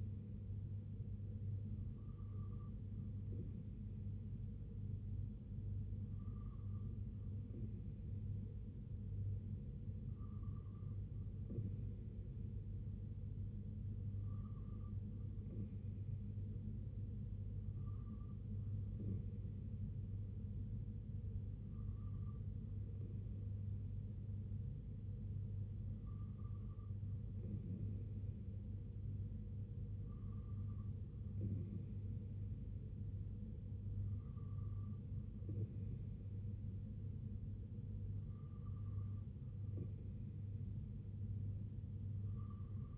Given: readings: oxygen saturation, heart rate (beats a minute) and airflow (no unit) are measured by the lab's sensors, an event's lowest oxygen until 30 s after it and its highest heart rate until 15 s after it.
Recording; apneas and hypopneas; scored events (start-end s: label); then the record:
breathing in sleep by a smartphone at the bedside; none
none scored
From the record:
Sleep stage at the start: N2 (light sleep); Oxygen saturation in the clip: 92 to 93%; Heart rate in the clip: 63 to 70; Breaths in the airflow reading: 10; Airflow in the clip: -3.3 to 2.2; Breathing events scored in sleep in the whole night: 258 in 7.4 hours asleep